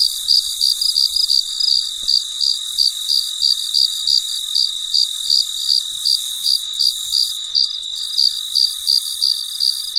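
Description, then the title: Cricket chirps, high and pulsed, coming about three times a second, with an unbroken high-pitched hum in the background. Recorded late at night; described as very quiet and peaceful. "深夜录制蟋蟀昆虫声"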